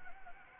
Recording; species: mosquito wingbeat signal from an infrared sensor; Anopheles gambiae